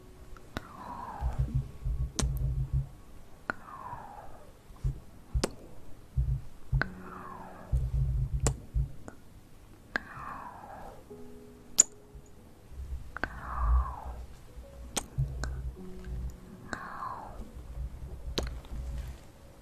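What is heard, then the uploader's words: Hand and mouth sounds: sharp, isolated clicks and taps about once per second, each followed by a soft downward-sliding swish. Low rumbling bursts of rubbing or movement come and go beneath, and faint tonal hums appear briefly around the twelve-second mark. ASMR Hand Sounds & Movements, Mouth Sounds.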